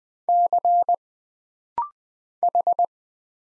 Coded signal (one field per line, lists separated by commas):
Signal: Morse code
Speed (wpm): 20 wpm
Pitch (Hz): 700 Hz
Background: none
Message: C H